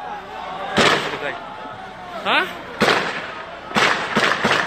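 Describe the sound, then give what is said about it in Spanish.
Loud, sharp gunshots ring out irregularly during a prison riot at La Modelo prison in Colombia, about four or five cracks with echoing tails, while a voice talks excitedly between them amid a chaotic, tense background. “Escuchen cómo es que nos están dando bala.”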